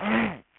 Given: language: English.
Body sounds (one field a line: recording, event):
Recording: throat vibration sensor signal played as sound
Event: throat clearing